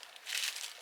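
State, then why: Not seated. A cabinet door hinge is handled by hand while assembling a piece of furniture, producing soft crinkling, rustling handling noise with small sharp ticks near 0.0 s and 0.3 s. The hinge has not snapped into place yet, and nothing has seated or clicked.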